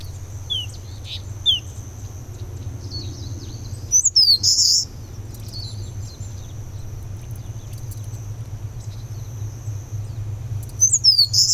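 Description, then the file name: Eastern crowned warbler phrases, high sliding notes ending in a buzzy burst, heard twice about seven seconds apart, with scattered thin chips and a constant high whine and low rumble. "warbler-eastern-crowned -Phylloscopus-coronatus"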